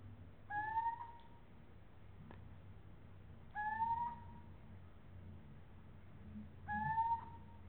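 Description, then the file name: Little owl song: three rising, whistled hoots with a faint overtone, each under a second long, repeated about every three seconds over a low steady hum. "canto verso civetta comune athene noctua little owl steinkauz mochuelo europeo cheveche"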